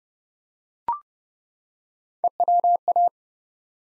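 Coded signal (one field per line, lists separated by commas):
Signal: Morse code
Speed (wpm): 30 wpm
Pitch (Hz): 700 Hz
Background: none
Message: EWA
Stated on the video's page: Morse code practice at 30 wpm of ARRL section abbreviations used in Field Day contest exchanges, each sent, spoken, then sent again.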